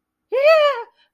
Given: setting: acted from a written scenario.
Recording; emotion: vocal sound without words; fear